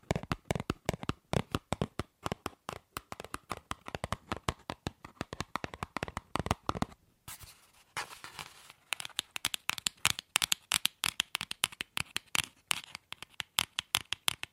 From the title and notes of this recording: ASMR Fast & Slow Tapping on 6 Objects No Talking.